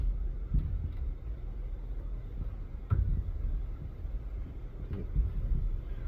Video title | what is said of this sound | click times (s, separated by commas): Brunswick A/A2 Pinsetter - Replacing Bad Deck Post Bearings. | can hear it click. There it clicked. | 2.9 s